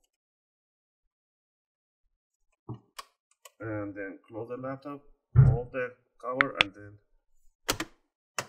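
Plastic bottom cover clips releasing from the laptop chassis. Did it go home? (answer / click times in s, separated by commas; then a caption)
released / 7.7 s, 8.4 s. The plastic bottom cover clips of a closed Lenovo Yoga 520 laptop snap free of the chassis as the cover is held, wiggled and lifted off. Someone talks, then sharp clicks come at 7.7 s and 8.4 s as the clips release. The cover comes free.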